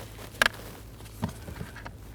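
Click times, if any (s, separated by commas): none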